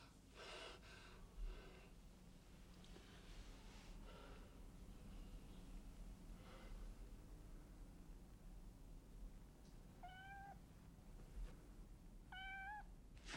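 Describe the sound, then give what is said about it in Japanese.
A black-and-white cat meows twice, short rising-falling cries a couple of seconds apart near the end, after a stretch of soft breathy sniffs and snorts over a steady low hum. “この新しい黒白の猫もこれも一騒動でしたね。”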